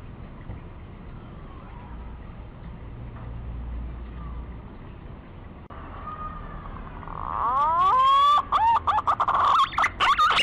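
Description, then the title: Green pigeon: after several quiet seconds of hiss, rising stacked whistles begin, leading into loud, fluttering, wavering whistled notes. Lure call used to attract green pigeons. "Pikat Burung Punai"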